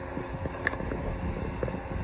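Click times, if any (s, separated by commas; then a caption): none. A fold-out metal slingshot frame on a plastic knife sheath is being swung up by hand over a steady low rumble, with sharp ticks at about 0.7 s, 0.9 s and 1.6 s. It is handled but not yet home; nothing has seated or locked into place yet.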